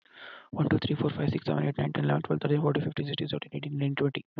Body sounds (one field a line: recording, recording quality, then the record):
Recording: counting at a fast pace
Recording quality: excellent, no background noise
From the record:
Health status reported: healthy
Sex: male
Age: 19 years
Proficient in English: yes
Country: India